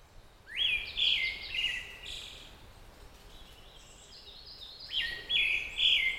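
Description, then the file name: Pale thrush song with two separate phrases of bright whistled notes, a pause of a few seconds between them, against faint steady noise. "thrush-pale -Turdus-pallidus"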